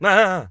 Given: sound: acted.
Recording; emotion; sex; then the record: nonverbal affect burst; surprise; male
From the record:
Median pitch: 185 Hz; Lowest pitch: 82 Hz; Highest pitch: 225 Hz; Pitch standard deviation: 43 Hz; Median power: 73.0 dB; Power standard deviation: 10.8 dB